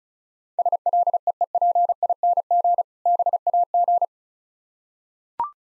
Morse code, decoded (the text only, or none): SLEEPING BAG